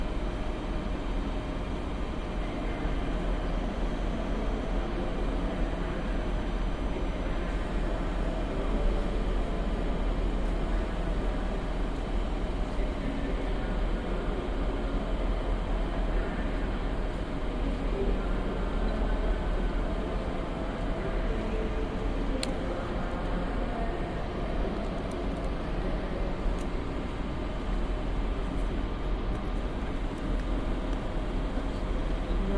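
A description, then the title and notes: A train to Leipzig runs with a steady, dense low rumble that hardly changes in level for the whole half minute. Faint humming tones drift above it, and a couple of brief sharp clicks come through around the 22 and 26 second marks. Train to Leipzig. We hop on board a train heading to Leipzig.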